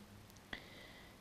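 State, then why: Seated. A plastic blanking plug is pushed down into a seed cup opening on a Great Plains 1006NT seed drill to block that cup off so no seed comes out of it. Two faint ticks come first, then a sharp snap at 0.5 s as the plug seats in place.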